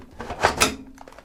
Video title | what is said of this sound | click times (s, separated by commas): Bequiet Pure Base 501 Air Window Bargain Case For A Silent Build | That felt like it went in better. So you can actually kind of hear that click into place, | 0.5 s, 0.6 s